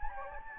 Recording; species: mosquito wingbeat signal from an infrared sensor; Anopheles gambiae